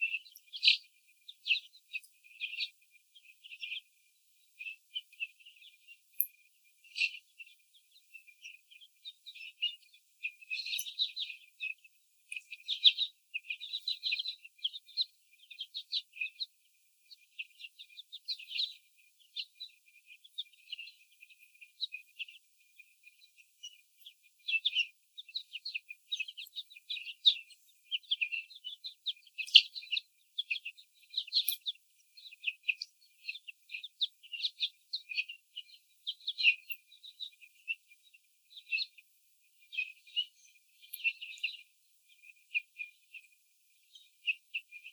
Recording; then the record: young laying hens in a cage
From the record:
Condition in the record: before the stressor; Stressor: sudden umbrella opening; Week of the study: 3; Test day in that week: 2